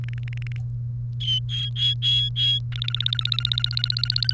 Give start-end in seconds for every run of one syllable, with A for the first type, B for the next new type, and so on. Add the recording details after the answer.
0.04-0.56 A, 1.20-2.59 B, 2.72-4.33 C. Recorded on 30 April 2018 at 17:01. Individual llb3